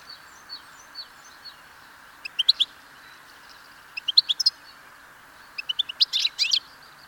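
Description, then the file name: European goldfinch calls, a few faint soft notes, then clusters of sharp tinkling twitters and brief buzzy phrases toward the end, over constant low hiss. "Carduelis carduelis"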